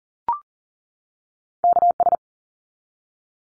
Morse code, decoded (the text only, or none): KS